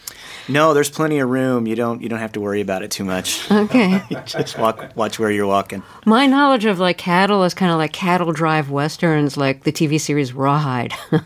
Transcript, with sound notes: No, there's plenty of room. You don't have to worry about it too much.
(Laughter).
OK.
Just watch where you're walking.
My knowledge of, like, cattle is kind of like cattle-drive Westerns, like the TV series "Rawhide."